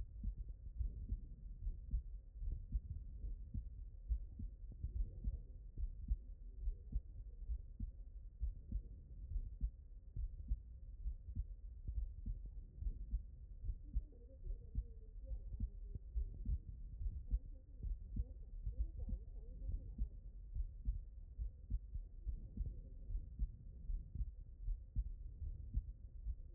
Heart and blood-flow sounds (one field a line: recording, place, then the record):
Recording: heart sounds by stethoscope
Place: aortic valve (AV)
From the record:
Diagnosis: non-HFrEF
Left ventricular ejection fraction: 66%